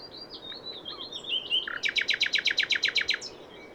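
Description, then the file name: Common nightingale song: a few soft whistled notes, then a loud run of rapid repeated notes ending in a short flourish. "Luscinia megarhynchos"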